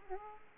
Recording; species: mosquito wingbeat signal from an infrared sensor; Aedes aegypti